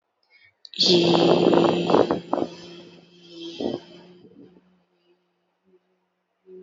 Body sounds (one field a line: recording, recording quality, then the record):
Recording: sustained vowel as in beet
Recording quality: moderate, slight background noise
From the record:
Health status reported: healthy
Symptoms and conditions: none ticked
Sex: female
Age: 30 years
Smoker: not ticked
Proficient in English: yes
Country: India